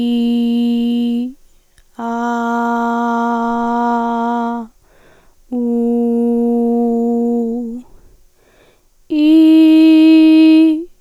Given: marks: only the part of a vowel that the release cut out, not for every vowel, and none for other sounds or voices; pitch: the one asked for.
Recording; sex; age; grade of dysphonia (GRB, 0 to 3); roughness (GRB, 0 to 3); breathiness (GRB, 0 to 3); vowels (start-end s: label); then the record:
sustained vowels; female; 18 to 19 years; 0; 0; 0
0.00-1.06 s: vowel /i/, normal pitch
2.26-3.45 s: vowel /a/, normal pitch
5.85-7.38 s: vowel /u/, normal pitch
9.38-10.51 s: vowel /i/, high pitch
From the record:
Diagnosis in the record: hyperfunctional dysphonia, dysodia (singing voice disorder); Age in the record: 18 years